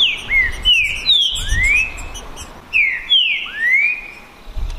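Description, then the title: Green-winged saltator song in two phrases of clear whistles, some sliding down and others rising, with faint high chirping behind. Song contest between two birds, Naval vs Demolidor, 2022 season; birds calling, singing and showing male display ('macheando') in the dispute. "É UMA DISPUTA DE TRINCA FERRO PERFEITA!! NAVAL VS DEMOLIDOR 2022!"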